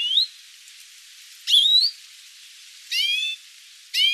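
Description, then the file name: European greenfinch calls: a thin rising whistle, then a buzzy rising note and two harsh downslurred buzzes, spaced about one to one and a half seconds apart. "Chloris chloris"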